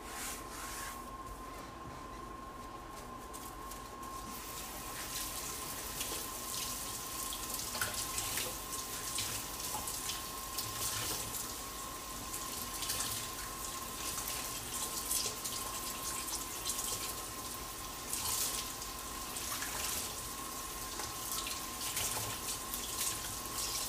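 A large bowl is being washed, with a steady hiss of running water filling the whole clip. A fixed thin tone hums throughout, and frequent soft splashes and brief scrubbing bursts come every second or two, louder after about five seconds.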